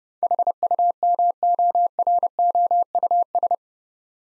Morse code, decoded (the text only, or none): HUMOROUS